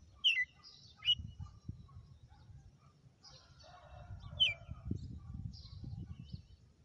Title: Canto Galo Campina Fêmea. Galo de campina,hj foi um açoite atrás do outro